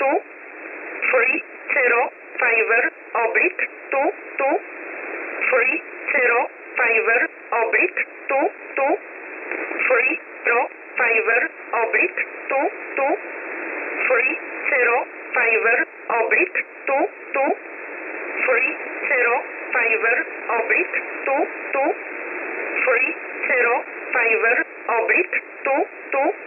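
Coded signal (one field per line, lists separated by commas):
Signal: numbers station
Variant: E11 Oblique, English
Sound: voice reading short words at an even pace over narrow-band shortwave radio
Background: radio static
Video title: 21 05 2021 Number station E11 Oblique in English to Eu 1000 on 12153 unknown tx site in USB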